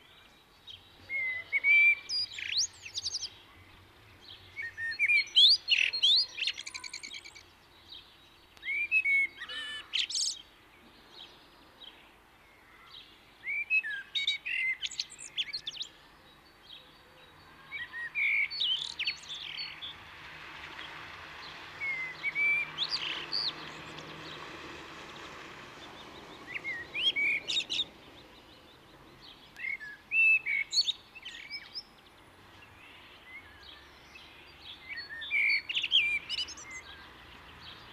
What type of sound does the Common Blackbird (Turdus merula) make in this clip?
song